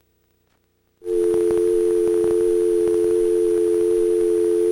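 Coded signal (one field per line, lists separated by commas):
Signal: telephone call progress tone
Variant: North America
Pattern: dial tone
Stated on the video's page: EAS activation interrupting local cable during a tornado outbreak, recorded live.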